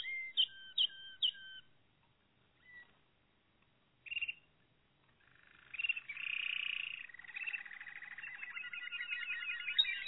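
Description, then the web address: Malinois canary song: a few whistled notes, scattered short calls after pauses, then a sustained bubbling trill building in loudness. "~joaopt canarios racas canto malinois"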